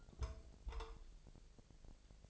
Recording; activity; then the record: daily activity, microphone in the room; take from stove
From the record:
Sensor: 5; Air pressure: 999.5 hPa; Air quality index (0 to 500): 217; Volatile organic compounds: 19 ppm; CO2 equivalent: 2655 ppm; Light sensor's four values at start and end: 30/66/28/27 and 30/66/28/27